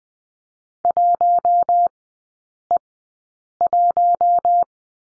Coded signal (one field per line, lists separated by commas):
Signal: Morse code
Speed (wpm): 20 wpm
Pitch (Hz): 700 Hz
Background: none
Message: 1E1